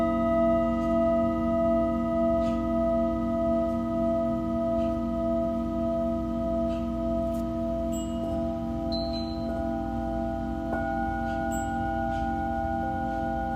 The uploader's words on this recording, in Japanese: 真夜中のシンギングボウルのサウンドヒーリング。チベタンシンギングボウル。